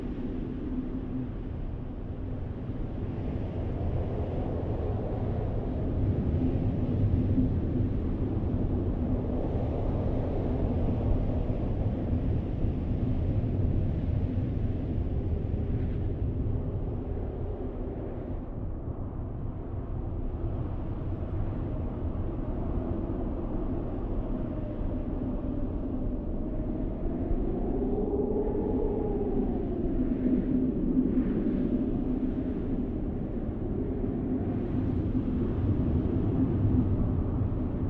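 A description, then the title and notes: A blizzard roars steadily across a field, a dense low rumble of wind with a faint hum throughout and a brief rising whistle near twenty-eight seconds. Blizzard in a field.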